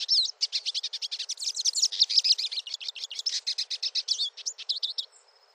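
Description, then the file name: Finch singing a rapid, lively string of high, liquid twitters and chirps for about five seconds, then stopping abruptly into quiet. "canto do pintassilgo"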